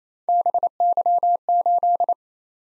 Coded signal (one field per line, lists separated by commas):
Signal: Morse code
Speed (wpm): 27 wpm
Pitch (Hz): 700 Hz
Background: none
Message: BY8